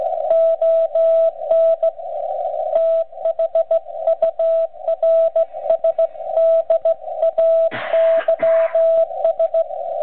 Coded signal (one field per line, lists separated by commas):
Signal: Morse code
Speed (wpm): 16 wpm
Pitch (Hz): 660 Hz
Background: radio noise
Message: ON THURSDAYS